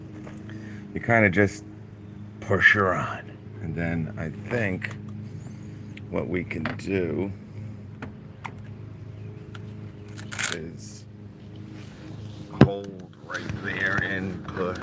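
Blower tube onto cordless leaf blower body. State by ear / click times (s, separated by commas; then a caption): not seated / none. A plastic blower tube is handled at the outlet of a DeWalt Gen 2 Flexvolt 600 CFM brushless cordless leaf blower, a full 54-volt unit, as someone talks. Faint handling knocks and taps sound between the speech, with a sharp tap near 12.6 s. Nothing has seated or clicked yet; the tube is still not home when the clip ends.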